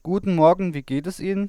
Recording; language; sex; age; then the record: spoken sentence; German; male; 20 to 29 years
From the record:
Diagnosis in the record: healthy voice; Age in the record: 22 years